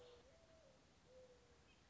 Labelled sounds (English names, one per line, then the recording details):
Mourning Dove
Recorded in Sonoma County, California